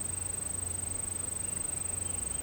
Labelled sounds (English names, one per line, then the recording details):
none
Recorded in pastures near Puerto Asís, Putumayo, Colombia, on 21 March 2025 at 09:00
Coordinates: 0.472, -76.329
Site G074